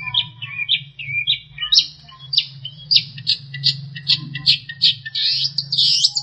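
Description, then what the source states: Long-tailed shrike song: a jumble of quick chirps, slurred whistles and harsh notes delivered in rapid bursts, over a constant low hum. Master song for training songbirds.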